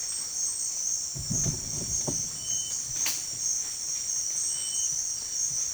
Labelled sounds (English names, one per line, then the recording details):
none
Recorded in secondary vegetation near Puerto Asís, Putumayo, Colombia, on 29 June 2025 at 17:00
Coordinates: 0.499, -76.323
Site G077